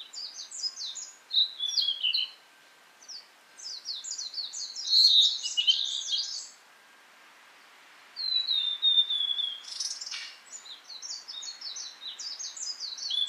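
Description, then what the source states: Blue-and-white flycatcher song: busy sequences of high slurred whistles and trills, a smooth falling whistle, and a brief sharp click about three-quarters of the way through. Recorded 18 April 2017 at 11:11.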